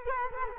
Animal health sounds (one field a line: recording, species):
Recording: mosquito wingbeat signal from an infrared sensor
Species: Culex quinquefasciatus